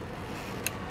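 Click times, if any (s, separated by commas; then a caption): 0.7 s. A wiring connector is pushed onto a new Denso mass airflow sensor in the intake tube of an MR2 Spyder Turbo with a 2ZZ-GE engine, replaced to chase a sputtering problem. A single sharp click rises above the low background hiss at 0.7 s, and the connector is seated.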